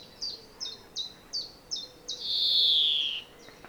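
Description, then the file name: European greenfinch giving six evenly spaced short chirps, followed by a long buzzy wheeze that drops slightly in pitch, then one faint chirp. "Chloris chloris"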